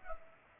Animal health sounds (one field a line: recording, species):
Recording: mosquito wingbeat signal from an infrared sensor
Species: Culex pipiens